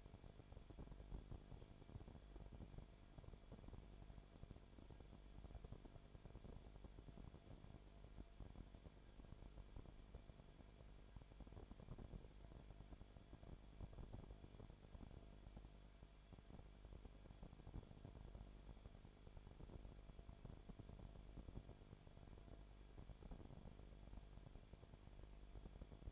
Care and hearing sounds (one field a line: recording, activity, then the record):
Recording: daily activity, microphone in the room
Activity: no activity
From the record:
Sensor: 5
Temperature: 19.9 degrees Celsius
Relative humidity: 35.6%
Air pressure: 1003.4 hPa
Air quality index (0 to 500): 58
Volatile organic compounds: 1 ppm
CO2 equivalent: 640 ppm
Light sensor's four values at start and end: 2/3/1/1 and 2/3/1/1